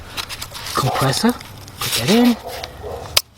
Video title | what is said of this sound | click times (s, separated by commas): Jeep Commander Cherokee Dodge Pickup Durango Dakota Chrysler Aspen Valve Cover Gaskets Replacement | lock the tab into place that is great | 3.2 s